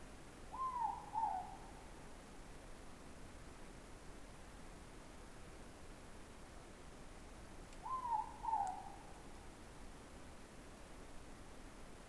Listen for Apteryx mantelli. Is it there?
no